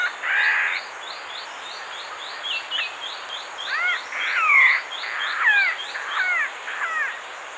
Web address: raffles malkoha call